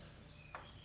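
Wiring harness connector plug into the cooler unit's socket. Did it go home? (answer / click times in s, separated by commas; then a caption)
no / none. A wiring harness connector plug is handled at its socket on a chiller unit, against a steady low hum with one brief, sharp sound at about 0.5 s. Nothing has seated or clicked yet; the plug is not yet home.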